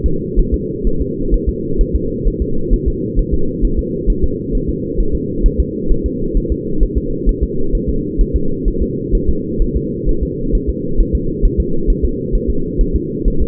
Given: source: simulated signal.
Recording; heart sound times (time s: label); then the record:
fetal heart sounds
0.06 s: S2
0.39 s: S1
0.54 s: S2
0.87 s: S1
1.01 s: S2
1.34 s: S1
1.49 s: S2
1.81 s: S1
1.95 s: S2
2.27 s: S1
2.42 s: S2
2.74 s: S1
2.88 s: S2
3.19 s: S1
3.34 s: S2
3.65 s: S1
3.79 s: S2
4.10 s: S1
4.24 s: S2
4.55 s: S1
4.69 s: S2
5.00 s: S1
5.15 s: S2
5.46 s: S1
5.60 s: S2
5.91 s: S1
6.06 s: S2
6.37 s: S1
6.52 s: S2
6.83 s: S1
6.97 s: S2
7.29 s: S1
7.43 s: S2
7.75 s: S1
7.89 s: S2
8.21 s: S1
8.36 s: S2
8.68 s: S1
8.82 s: S2
9.15 s: S1
9.29 s: S2
9.62 s: S1
9.76 s: S2
10.09 s: S1
10.23 s: S2
10.55 s: S1
10.69 s: S2
11.00 s: S1
11.15 s: S2
11.45 s: S1
11.60 s: S2
11.90 s: S1
12.04 s: S2
12.35 s: S1
12.50 s: S2
12.81 s: S1
12.95 s: S2
13.28 s: S1
13.42 s: S2
From the record:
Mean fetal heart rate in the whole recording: 130 bpm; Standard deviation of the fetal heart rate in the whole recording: 4 bpm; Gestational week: 38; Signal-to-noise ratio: -8.1 dB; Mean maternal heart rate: 72 bpm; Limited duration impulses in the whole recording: absent